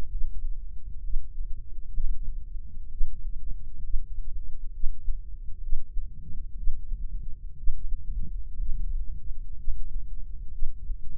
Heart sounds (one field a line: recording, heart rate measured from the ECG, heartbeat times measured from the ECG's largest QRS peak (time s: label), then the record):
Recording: heart sounds by microphone in the left ear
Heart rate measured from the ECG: 63 bpm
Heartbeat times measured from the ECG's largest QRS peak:
0.10 s: heartbeat
1.02 s: heartbeat
1.93 s: heartbeat
2.89 s: heartbeat
3.82 s: heartbeat
4.72 s: heartbeat
5.61 s: heartbeat
6.56 s: heartbeat
7.56 s: heartbeat
8.57 s: heartbeat
9.57 s: heartbeat
10.52 s: heartbeat
From the record:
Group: healthy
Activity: Valsalva maneuver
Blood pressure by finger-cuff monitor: 78/65 mmHg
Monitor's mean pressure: 72 mmHg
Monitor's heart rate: 61 bpm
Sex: female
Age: 22 years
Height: 157 cm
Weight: 47.6 kg